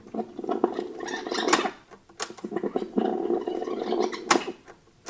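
Garbled, chattering voice-like sound of magnetic tape reels being moved back and forth in fast rewind and fast-forward, the recorded voice distorted high-pitched and squeaky in warbling bursts, broken by a few sharp clicks and brief gaps.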